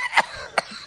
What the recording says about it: Cough one. It kind of sounds like an evil laugh to me. So, we hope you are feeling better.